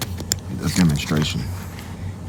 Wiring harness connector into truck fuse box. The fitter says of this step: you might have heard it kind of click see I'm pulling on it and it's not coming free